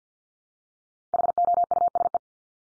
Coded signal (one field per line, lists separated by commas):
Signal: Morse code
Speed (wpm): 50 wpm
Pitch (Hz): 700 Hz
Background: none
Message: HOUSE